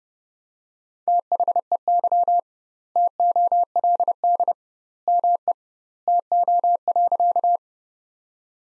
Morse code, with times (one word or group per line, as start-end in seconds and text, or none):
1.1-2.4 THEY
3.0-4.5 TOLD
5.1-5.5 ME
6.1-7.6 TO.